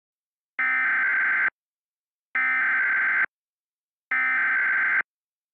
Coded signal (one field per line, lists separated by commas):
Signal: Emergency Alert System (SAME) tones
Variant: header bursts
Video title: Wow! Wow! Wubbzy! (EAS Scenario)